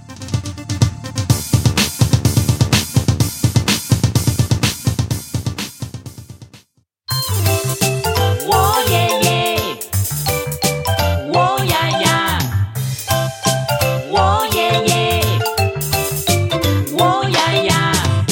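A video game music theme: a bright, tinkling, chime-like melody over a steady pulsing beat, breaking off briefly with a short silence before a fuller, busier arrangement resumes at full volume.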